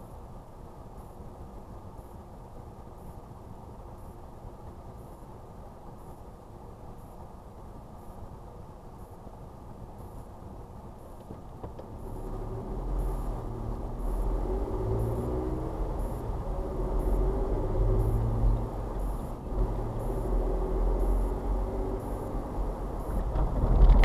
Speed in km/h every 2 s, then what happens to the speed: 3, 2, 2, 2, 2, 2, 3, 15, 23, 26, 32, 37.
1-10 standing. 10-24 pulls away to 37.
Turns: none.